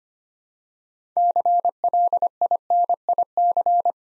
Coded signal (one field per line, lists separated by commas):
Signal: Morse code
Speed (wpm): 25 wpm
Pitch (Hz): 700 Hz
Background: none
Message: CLINIC